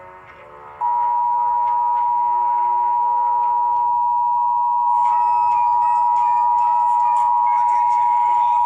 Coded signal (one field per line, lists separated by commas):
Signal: Emergency Alert System (SAME) tones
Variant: 853 and 960 Hz attention tone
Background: music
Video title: 10th EAS (EAS #10)